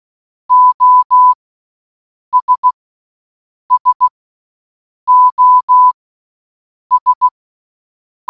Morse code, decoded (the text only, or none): OS SOS